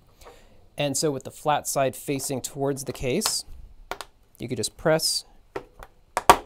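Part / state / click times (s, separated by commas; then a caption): magnet insert into plastic case cavity / seated / 6.2 s, 6.3 s. A magnet insert is pressed by hand, flat side toward the case, into one of two small cavities in the top of a plastic document case, going in easily without a hammer. Someone talks, then short clicks are heard at 6.2 s and 6.3 s as the magnet snaps into place.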